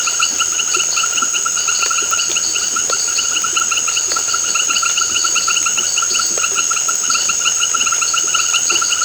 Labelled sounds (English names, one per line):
none